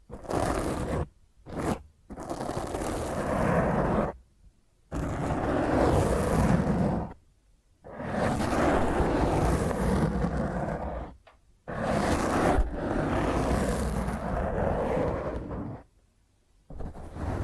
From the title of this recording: Intense Rough Mic Scratch using HandNails